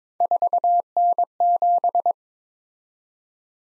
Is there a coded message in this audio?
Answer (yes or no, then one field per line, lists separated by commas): yes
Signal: Morse code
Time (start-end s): 0.2-2.1 s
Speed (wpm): 23 wpm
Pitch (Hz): 700 Hz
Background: none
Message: 4N7